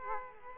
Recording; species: mosquito wingbeat signal from an infrared sensor; Culex quinquefasciatus